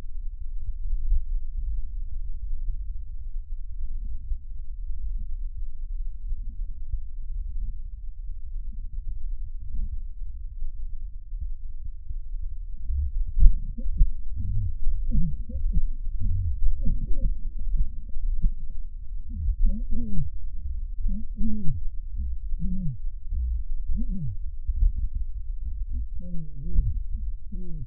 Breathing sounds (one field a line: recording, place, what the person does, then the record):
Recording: lung sounds by stethoscope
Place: right posterior basal chest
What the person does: quiet breathing, then cough and speech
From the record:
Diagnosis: COPD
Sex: male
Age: 75 years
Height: 182 cm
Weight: 98 kg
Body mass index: 29.6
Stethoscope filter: bell mode